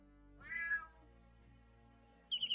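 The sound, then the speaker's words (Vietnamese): A feral cat, calling to its group, lets out one drawn-out, plaintive, mournful yowl that wavers and fades. After a quiet pause, a quick run of four or five high, bright chirps follows. “Lẫn trong tiếng gió xe sắt thổi vào từ mảnh vườn sau nhà đập vô cửa sổ, bà nghe rõ có tiếng mèo hoang gọi đàn đến thê lương, khiến bà rùng mình nép chặt vào cánh tay của chồng”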